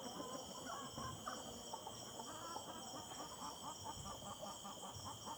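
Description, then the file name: Chicken clucking, soft short notes repeating quickly in the second half, with a constant high-pitched insect hum throughout. Evening ambience in the backyard of the Simão Correa headquarters, with chickens in the background. "Ambiencia do Entardecer Quintal da Sede Simao Correa com Galinhas e Passaros ao Fundo"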